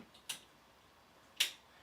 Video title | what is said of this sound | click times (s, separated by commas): Shar's Craft Haven Live Stream #2 Cleaning Routine for the Laserbox 40W (Pro/Rotary) | And you'll hear a little snap, but you want to make sure that it's flush and not wiggly. | 1.4 s